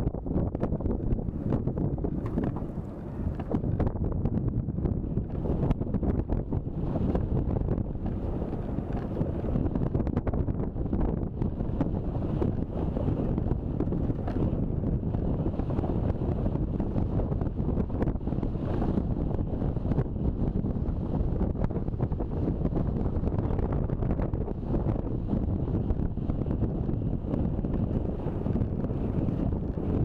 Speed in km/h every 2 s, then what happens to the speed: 28, 30, 31, 31, 32, 33, 33, 32, 32, 31, 31, 31, 31, 31, 32.
0-30 steady at about 31.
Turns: none.